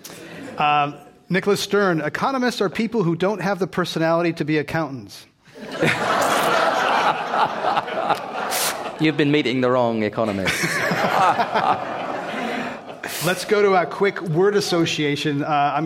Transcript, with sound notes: Nicholas Stern, economists are people who don't have the personality to be accountants?
[Laughter]
You’ve been meeting the wrong economists.
[Laughter]
Let’s go to our quick word association.